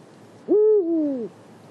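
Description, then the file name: Eurasian eagle-owl producing a lone tonal call that jumps up, holds briefly, then slides down and ends, with soft hiss around it. Marianka, Slovakia, 2012. "Bubo Bubo Marianka Slovakia"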